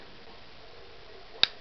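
On a 1/100 MG Destiny Gundam Extreme Blast Mode plastic model kit, a plastic shield part is pushed back down into the arm and hand assembly to lock it. After a steady low background hiss, a single sharp, bright snap sounds at 1.4 s as the shield locks into place.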